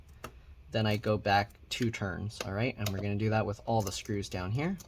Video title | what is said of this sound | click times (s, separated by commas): HP Pavilion dv7-6c43cl Disassembly RAM SSD Hard Drive Upgrade Battery LCD Screen Replacement Repair | what I do is I undo it all the way until I hear it click | 0.2 s